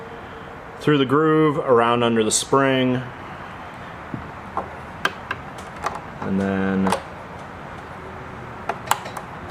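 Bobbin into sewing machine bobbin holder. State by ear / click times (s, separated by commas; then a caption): seated / 8.9 s. Someone talks while a bobbin, threaded through the groove and under the tension spring, is pushed into the metal-and-plastic bobbin area of an IKEA sewing machine, with small taps and clicks along the way. It snaps into place with a sharp click at 8.9 s, seated.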